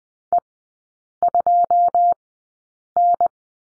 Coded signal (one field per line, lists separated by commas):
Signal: Morse code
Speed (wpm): 20 wpm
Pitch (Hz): 700 Hz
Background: none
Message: E2N